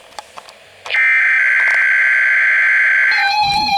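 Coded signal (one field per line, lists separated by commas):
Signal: Emergency Alert System (SAME) tones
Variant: header bursts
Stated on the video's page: Required weekly test of the Emergency Alert System.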